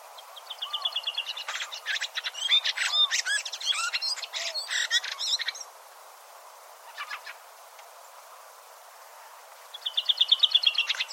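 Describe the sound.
A bird sings a varied song of clicks, slurred whistles and rapid high notes, pauses, then returns with a fast trill, over constant background hiss.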